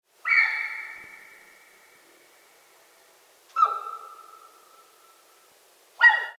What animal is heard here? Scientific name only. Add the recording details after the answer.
Cervus elaphus. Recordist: Frommolt, Karl-Heinz. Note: Bellen der Kühe